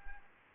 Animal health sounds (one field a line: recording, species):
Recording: mosquito wingbeat signal from an infrared sensor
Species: Anopheles arabiensis